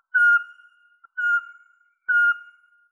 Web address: Glaucidium passerinum